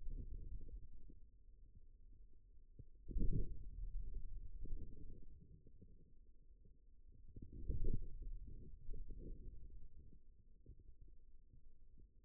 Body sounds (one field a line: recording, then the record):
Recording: forearm muscle sounds (acoustic myography)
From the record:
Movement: wrist extension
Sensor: system 2, bracelet of six BSWA MPA416 microphones around the upper forearm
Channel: 6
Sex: male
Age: 22 years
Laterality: right